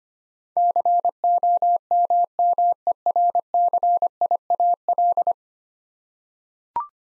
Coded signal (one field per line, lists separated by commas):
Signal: Morse code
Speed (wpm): 25 wpm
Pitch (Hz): 700 Hz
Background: none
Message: COMMERCIAL